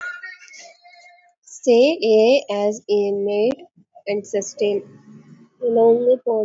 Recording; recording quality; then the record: sustained vowel as in made; poor, much background noise or distortion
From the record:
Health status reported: exposed to COVID-19, no respiratory illness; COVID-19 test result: negative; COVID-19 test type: RT-PCR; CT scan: not taken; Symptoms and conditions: cough, cold, sore throat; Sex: female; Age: 32 years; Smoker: no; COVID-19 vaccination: both doses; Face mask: worn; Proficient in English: yes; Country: India